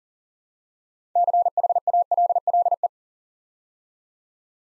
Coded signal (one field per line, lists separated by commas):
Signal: Morse code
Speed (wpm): 37 wpm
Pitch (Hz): 700 Hz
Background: none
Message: CHALLE